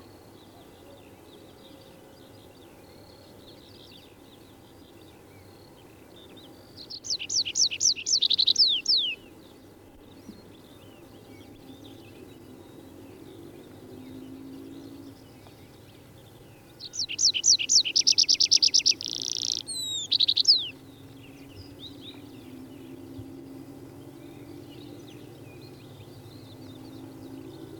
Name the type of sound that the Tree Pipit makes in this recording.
song